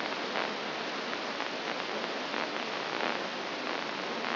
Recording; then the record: brain microelectrode recording played as sound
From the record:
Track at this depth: inside the subthalamic nucleus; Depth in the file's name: 3.524 mm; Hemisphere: left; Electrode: 3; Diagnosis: Parkinson's disease